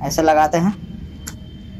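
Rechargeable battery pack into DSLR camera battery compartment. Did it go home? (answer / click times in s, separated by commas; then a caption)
yes / 1.3 s. Someone talks, then an original Canon lithium-ion battery pack with four pins is pushed into the battery compartment of a Canon 1200D DSLR camera. A sharp, fast-decaying click at 1.3 s marks the battery locking in place, seated.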